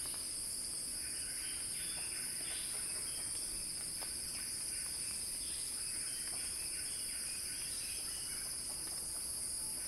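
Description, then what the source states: Cicada: a steady high whine in two bands with shorter buzzy phrases repeating beneath. Cicada song building in a crescendo.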